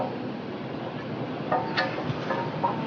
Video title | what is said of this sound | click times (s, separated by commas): How To Build A Jumbo Jet Engine ( Part 3/4 ) | You should hear as it clicks. They'd have clicked in now. | 1.5 s